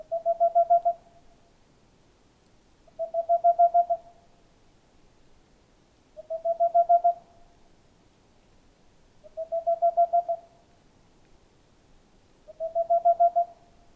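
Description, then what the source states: Boreal owl song: five short bursts of rapid, mellow hoots, each about a second long, repeated every three seconds or so in quiet surroundings. Male singing near a nest hole in a tall dead tree amid forest, Haut-Diois, France, 15 April 2020, at night; recorded with Nagra LB, stereo omni microphones.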